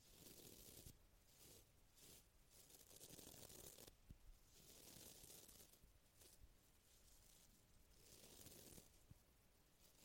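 Brushing on a microphone makes rough, scratchy strokes in steady back-and-forth bursts, with brief pauses about every second or two and faint low thumps.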